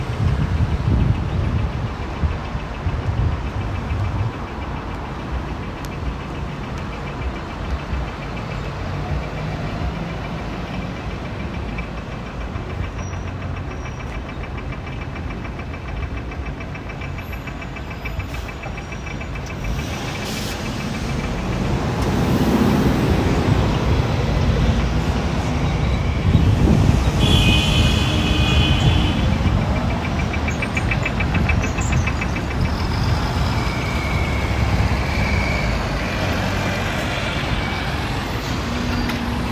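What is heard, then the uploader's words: Tel Aviv city sounds: a steady traffic rumble with engines idling and passing cars, swelling louder after twenty seconds, with brief brighter bursts. Tel Aviv City Sounds.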